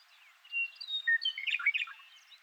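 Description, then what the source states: Western meadowlark song: a few clear whistles, then a quick burst of bubbly, gurgling warbled notes. Seven songs.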